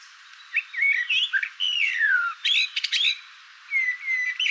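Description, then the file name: Eurasian blackbird song with looping, slurred whistles, a long falling note, a quick scratchy twitter, then more clear whistled notes. "Turdus merula"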